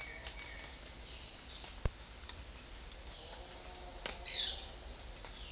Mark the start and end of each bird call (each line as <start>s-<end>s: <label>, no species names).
0.00s-0.69s: bird call
4.11s-4.67s: bird call